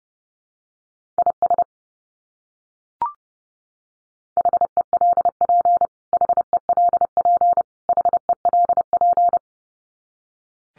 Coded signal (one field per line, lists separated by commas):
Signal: Morse code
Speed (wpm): 30 wpm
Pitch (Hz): 700 Hz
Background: none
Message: IS HELP HELP HELP